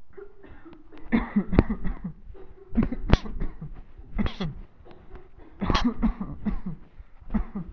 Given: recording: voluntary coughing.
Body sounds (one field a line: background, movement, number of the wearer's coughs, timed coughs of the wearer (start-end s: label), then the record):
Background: a bystander coughing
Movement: walking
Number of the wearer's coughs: 11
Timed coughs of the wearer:
1.09-1.50 s: cough
1.50-1.84 s: cough
1.84-2.12 s: cough
2.75-3.07 s: cough
3.07-3.30 s: cough
3.30-3.67 s: cough
4.16-4.53 s: cough
5.58-6.00 s: cough
6.00-6.44 s: cough
6.44-6.77 s: cough
7.32-7.67 s: cough
From the record:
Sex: male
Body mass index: 20.5 kg/m2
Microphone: on the chest, facing the body